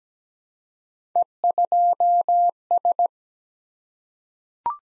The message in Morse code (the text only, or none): E2S